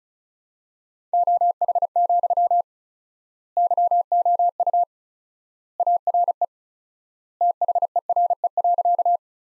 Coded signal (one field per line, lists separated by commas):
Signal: Morse code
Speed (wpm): 36 wpm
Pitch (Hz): 700 Hz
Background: none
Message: OH, YOU ARE THERE.